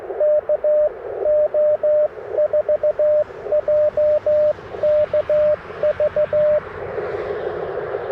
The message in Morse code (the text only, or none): KO4JKV